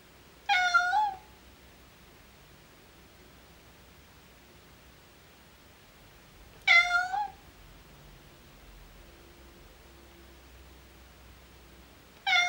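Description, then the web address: Domestic cat miaowing: three short miaows about six seconds apart, the last cut off at the end, over a faint low hum. "BBC Cats BBC"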